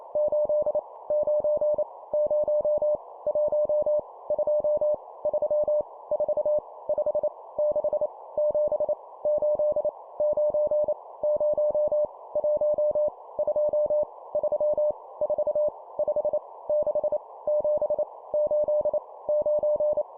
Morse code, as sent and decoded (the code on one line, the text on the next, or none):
---.. / ----. / ----- / .---- / ..--- / ...-- / ....- / ..... / -.... / --... / ---.. / ----. / ----- / .---- / ..--- / ...-- / ....- / ..... / -.... / --... / ---.. / ----.
8 9 0 1 2 3 4 5 6 7 8 9 0 1 2 3 4 5 6 7 8 9